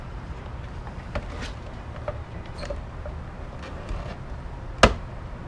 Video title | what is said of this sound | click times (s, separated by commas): EZView Mirrors from Trail Toys - 2005-15 Toyota Tacoma | all right so now it's clicked in place and it's actually kind of held there | 4.8 s